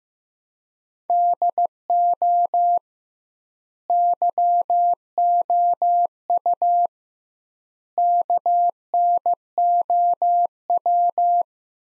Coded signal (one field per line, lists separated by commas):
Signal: Morse code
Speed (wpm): 15 wpm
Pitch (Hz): 700 Hz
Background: none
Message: DO YOU KNOW